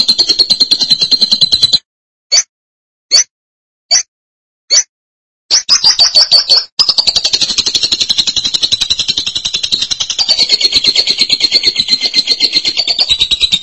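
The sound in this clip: Lovebird song: several short sharp chirps spaced about a second apart, then a long continuous buzzy high chattering trill.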